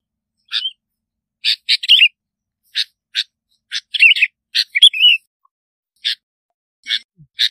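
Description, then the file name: Bulbul calls: spaced sharp chips with a few short rolling warbled phrases in between, high and clear, with silence around them. "Tieng chao mao bong lau"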